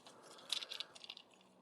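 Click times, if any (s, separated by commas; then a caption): 0.5 s. The second leg of a plastic Maketoys Striker Manus (Optimus Prime) transforming robot toy is brought down after its foot is oriented, and it snaps into the body with a sharp click at 0.5 s. Several lighter plastic clicks and rattles follow until about 1.2 s, and the leg is seated in place.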